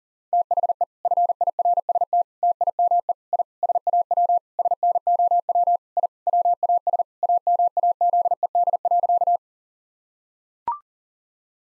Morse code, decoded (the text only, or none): THE FIRST TIME I SAW SNOW I WAS AMAZED.